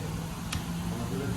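A new windshield wiper blade is pushed onto the hooked end of the wiper arm until it latches, with a steady low hum in the background. A short, sharp click at 0.5 s marks the blade seating on the arm, meaning it is good to go.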